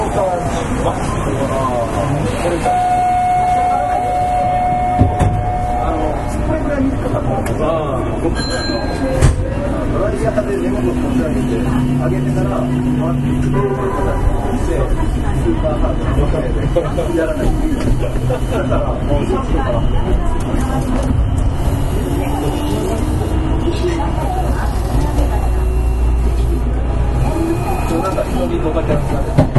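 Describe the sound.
A Kita-Osaka Kyuko 9000 series train runs on the Midosuji Line, with a steady low rumble throughout. Motor whine rises and falls in pitch as it runs, a short steady tone sounds early on, and voices speak over the noise.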